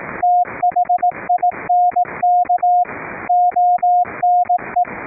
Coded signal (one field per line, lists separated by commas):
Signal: Morse code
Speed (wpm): 18 wpm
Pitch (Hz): 710 Hz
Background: radio noise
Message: THINK ONE